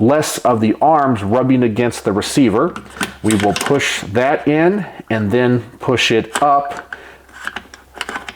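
Someone talks while the folding stock/brace of a B&T APC223 Pro pistol, with the brace pulled out so its arms rub less against the receiver, is pushed in and then up toward the receiver mount. A few short, sharp taps are heard near the end, from about 7.5 to 8.3 seconds. The stock has not locked onto the receiver yet; nothing has seated or clicked home.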